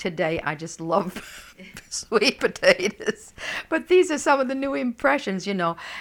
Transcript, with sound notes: And today I just love sweet potatoes. ( she laughs ) But these are some of the new impressions, you know.